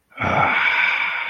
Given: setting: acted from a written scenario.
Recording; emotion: vocal sound without words; disappointment